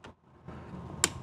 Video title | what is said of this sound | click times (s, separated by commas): Stinger Horizon 12 Radio Jeep JK BEST Full Install Guide! | a little red tab, and once you click that up, you should be able to remove the actual | 1.0 s